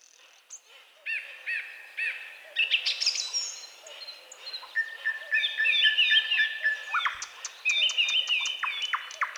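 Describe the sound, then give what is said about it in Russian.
Eurasian blackbird song: clear, fluting whistled phrases with short repeated notes, rising and falling in pitch, sung continuously and fairly loud with no voices. “Певчий дрозд не так красив, как черный.”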